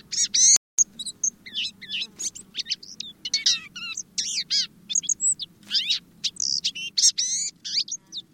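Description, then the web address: Blue-gray gnatcatcher uttering a rapid jumble of thin, high squeaky and wheezy notes, nearly continuous for eight seconds, with one sharp click early on. "Thumbs Plus Zoo Field Guide Repository Sounds"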